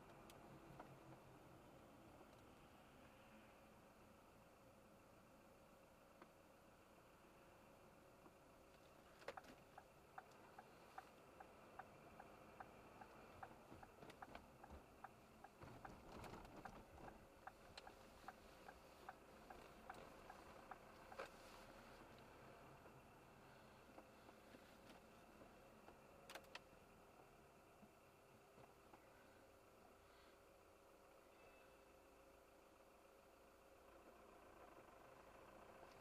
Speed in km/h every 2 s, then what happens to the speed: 0, 0, 0, 0, 0, 0, 0, 0, 0, 0, 0, 0, 0, 0, 0, 0, 0, 0.
0-36 standing.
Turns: none.